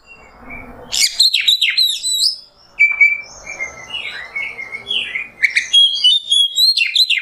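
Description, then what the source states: Oriental magpie-robin pours out varied whistles, fluty slides and harsh chatter in an energetic, near-continuous stream. Masteran tutor song of kacer in the nembak style.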